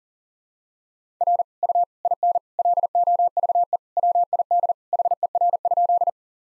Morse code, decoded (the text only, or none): R U IN LOVE WID HER?